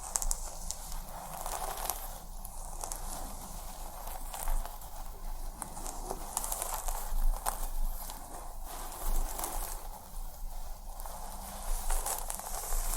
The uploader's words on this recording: ASMR Super RELAXING Head Massage + Scalp Scratching Roleplay (tingly af).